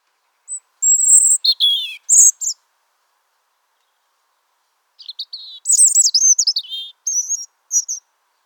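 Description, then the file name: European robin song in two bursts: high squeaky whistles and a descending note, then after a long pause a quicker cascade of tinkling, wavering notes. "Erithacus rubecula"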